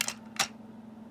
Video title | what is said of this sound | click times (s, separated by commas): Hot Wheels City Bat Blitz Hospital Attack | and then it clicks into place once you reach the top and the bat is in full view there | 0.0 s, 0.1 s